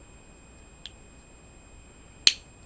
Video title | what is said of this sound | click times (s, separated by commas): EM Enterprise D | there we go so it snaps into place there | 2.3 s